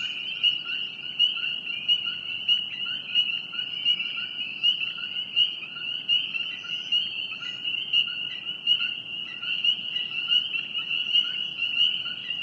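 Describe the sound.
Frog giving a steady high trilling drone, with faint regular pulses.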